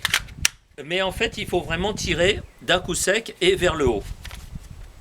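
A pistol is yanked sharply upward out of a clicking polymer retention holster, and the retention lets go with a sharp snap at 0.5 s, just after a couple of smaller clicks. Then someone talks, and the pistol is released from the holster.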